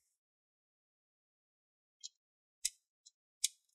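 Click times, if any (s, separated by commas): 2.7 s, 3.4 s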